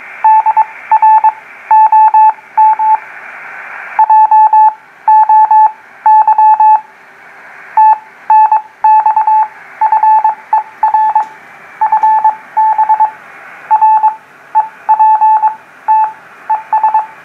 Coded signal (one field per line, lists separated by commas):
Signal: Morse code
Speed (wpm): 22 wpm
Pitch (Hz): 870 Hz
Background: none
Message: DR OM JOY TNX FER FB R EPT ES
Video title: HW-101 working JJ3JJL on CW